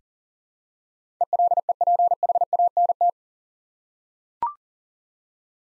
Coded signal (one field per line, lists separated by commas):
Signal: Morse code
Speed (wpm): 40 wpm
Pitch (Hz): 700 Hz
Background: none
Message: ELEPHANT